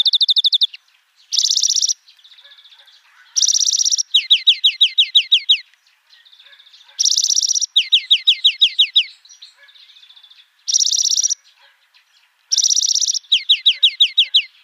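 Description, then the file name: European greenfinch song alternating harsh buzzy bursts with fast rattling trills, the pattern repeating several times, with quiet twitters in the gaps. "Chloris chloris"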